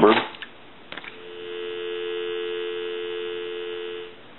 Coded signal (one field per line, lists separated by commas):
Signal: telephone call progress tone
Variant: North America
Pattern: dial tone